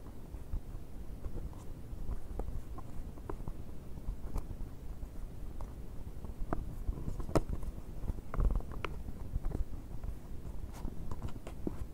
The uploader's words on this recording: ASMR BOX OPENING, BOX SCRATCHING NO TALKING.